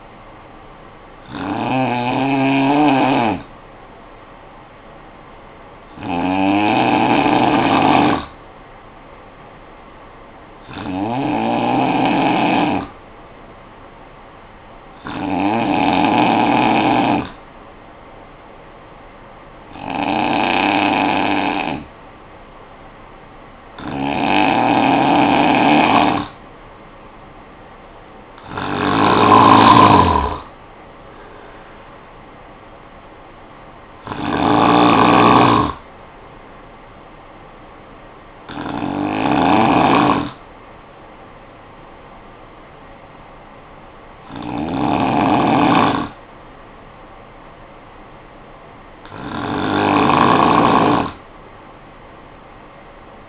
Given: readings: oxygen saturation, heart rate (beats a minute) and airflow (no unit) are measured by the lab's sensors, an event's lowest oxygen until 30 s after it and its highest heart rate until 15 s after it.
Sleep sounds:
breathing in sleep by a voice recorder at the bedside; 1
10.00-25.10 s: hypopnea (N2, oxygen 94% highest, then 89% lowest, heart rate 54 at the start, 69 highest)
From the record:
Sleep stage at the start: N2 (light sleep); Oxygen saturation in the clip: 89 to 94%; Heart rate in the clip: 50 to 69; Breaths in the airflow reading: 11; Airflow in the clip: -11.5 to 7.6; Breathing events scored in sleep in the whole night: 445 in 7.6 hours asleep

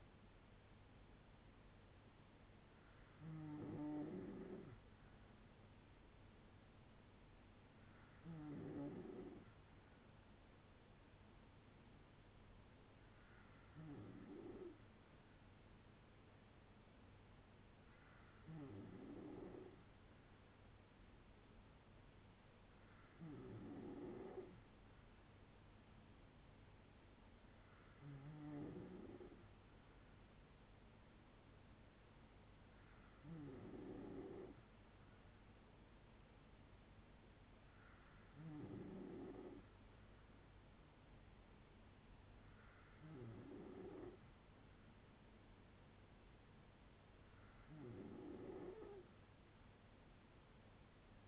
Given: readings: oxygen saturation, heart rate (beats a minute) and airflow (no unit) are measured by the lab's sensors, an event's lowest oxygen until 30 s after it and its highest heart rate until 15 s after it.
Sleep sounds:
breathing in sleep by a voice recorder at the bedside; none
14.00-51.28 s: new sleep stage, N3 (deep sleep)
From the record:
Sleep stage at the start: N2 (light sleep); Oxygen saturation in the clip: 94 to 95%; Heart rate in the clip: 56 to 69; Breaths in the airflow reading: 11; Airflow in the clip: -5.5 to 4.1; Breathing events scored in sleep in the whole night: 182 in 7.4 hours asleep

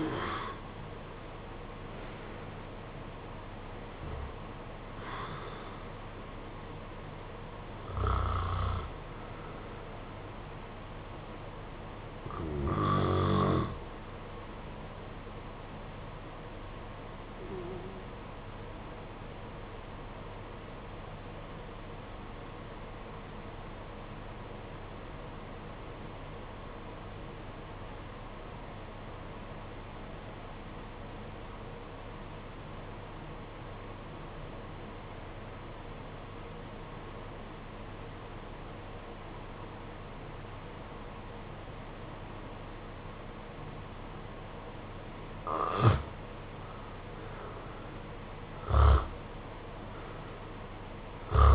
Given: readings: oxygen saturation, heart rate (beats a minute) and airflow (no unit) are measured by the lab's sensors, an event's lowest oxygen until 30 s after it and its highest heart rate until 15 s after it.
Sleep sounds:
breathing in sleep by a voice recorder at the bedside; 1
21.00-45.40 s: obstructive apnea (N1, oxygen 95% highest, then 79% lowest, heart rate 46 at the start, 68 highest)
From the record:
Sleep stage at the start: N1 (lightest sleep); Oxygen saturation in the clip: 77 to 95%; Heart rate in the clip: 46 to 75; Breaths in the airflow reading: 6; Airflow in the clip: -14.5 to 12.2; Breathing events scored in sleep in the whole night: 476 in 9.7 hours asleep

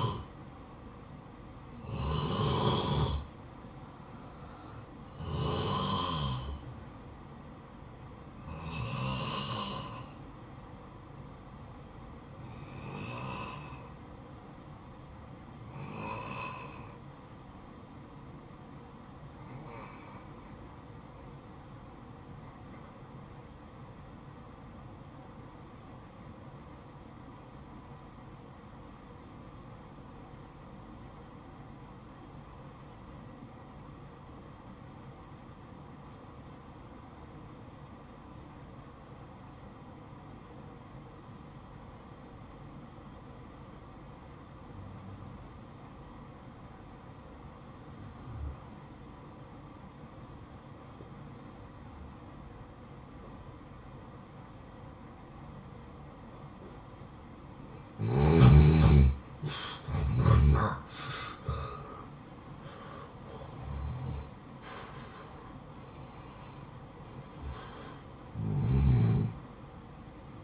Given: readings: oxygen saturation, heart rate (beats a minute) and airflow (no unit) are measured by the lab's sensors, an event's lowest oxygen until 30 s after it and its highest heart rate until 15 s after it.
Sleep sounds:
breathing in sleep by a smartphone at the bedside; 1
12.00-58.40 s: obstructive apnea (N2, oxygen 95% highest, then 86% lowest, heart rate 58 at the start, 77 highest)
52.00-70.44 s: new sleep stage, N1 (lightest sleep)
From the record:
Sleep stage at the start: N2 (light sleep); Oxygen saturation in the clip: 87 to 95%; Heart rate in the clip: 51 to 77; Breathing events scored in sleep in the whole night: 573 in 9.8 hours asleep

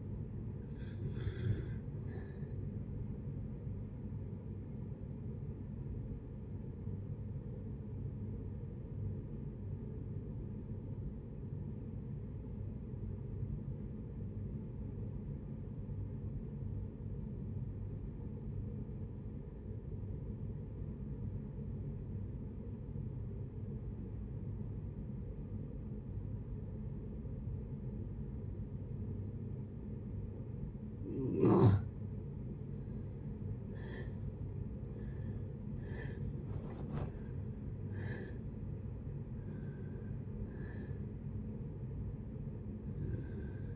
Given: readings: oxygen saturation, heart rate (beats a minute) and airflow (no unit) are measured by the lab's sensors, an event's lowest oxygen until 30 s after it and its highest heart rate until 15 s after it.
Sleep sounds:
breathing in sleep by a smartphone at the bedside; 1
6.00-34.50 s: obstructive apnea (REM, oxygen 95% highest, then 64% lowest, heart rate 76 at the start, 89 highest)
From the record:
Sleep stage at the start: REM sleep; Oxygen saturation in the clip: 60 to 95%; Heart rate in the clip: 53 to 89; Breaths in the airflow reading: 5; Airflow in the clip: -7.1 to 8.7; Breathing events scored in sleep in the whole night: 496 in 5.4 hours asleep

